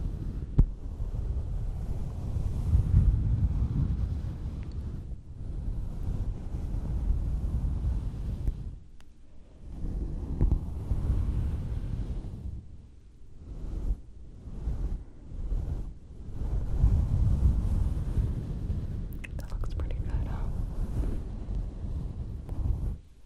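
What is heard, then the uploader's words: Brushing strokes across a fluffy microphone make deep, muffled rumbling sounds, like ear brushing. The strokes come in long sweeping waves with brief quiet gaps, around 9, 13–15 and 19 seconds, mostly low and soft with a faint hiss above. Brushing your (very hairy) ears. Fluffy mic deep ear sounds.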